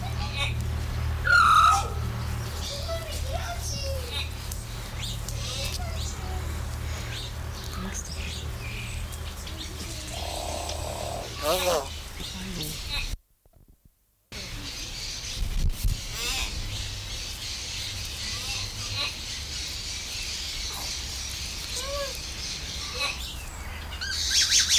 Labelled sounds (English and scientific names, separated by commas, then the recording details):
Common Hill Myna (Gracula religiosa)
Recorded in captivity
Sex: diverse
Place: Zoo Halle, Sachsen-Anhalt, DE
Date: 1996-03-08 16:30
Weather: sonnig, 3°C
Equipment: Sony WM-D6C, Sennheiser ME 80, Kopie Uher 4000 Report Monitor
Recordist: Tembrock, Günter